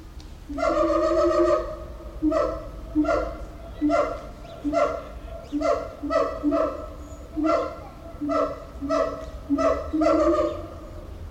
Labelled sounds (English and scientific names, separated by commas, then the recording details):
Siamang (Symphalangus syndactylus)
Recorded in captivity
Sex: male
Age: juvenile
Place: Zoo Berlin, Berlin, DE
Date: 1994-09-10 10:25
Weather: bedeckt, 14°C, böiger Wind
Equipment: Marantz CP 430, Sennheiser ME 80, Kopie Uher Variocord 263
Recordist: Tembrock, Günter